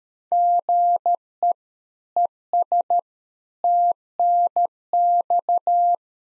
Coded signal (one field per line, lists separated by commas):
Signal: Morse code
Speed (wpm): 13 wpm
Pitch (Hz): 700 Hz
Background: none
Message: GE ES TNX